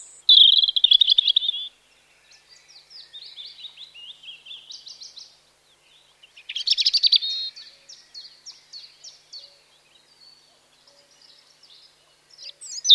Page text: Robin, spring, summer song, with willow warbler, chiffchaff, another robin, cuckoo, nuthatch and woodpigeon